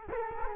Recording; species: mosquito wingbeat signal from an infrared sensor; Culex quinquefasciatus